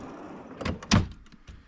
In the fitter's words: So it locks in place.